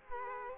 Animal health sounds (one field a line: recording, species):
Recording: mosquito wingbeat signal from an infrared sensor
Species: Culex quinquefasciatus